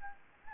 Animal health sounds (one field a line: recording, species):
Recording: mosquito wingbeat signal from an infrared sensor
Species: Anopheles gambiae